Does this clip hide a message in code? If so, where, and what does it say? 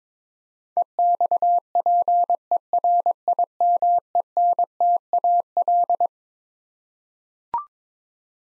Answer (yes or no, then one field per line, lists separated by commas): yes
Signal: Morse code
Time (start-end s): 0.8-6.1 s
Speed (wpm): 22 wpm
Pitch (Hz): 700 Hz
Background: none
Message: EXPERIMENTAL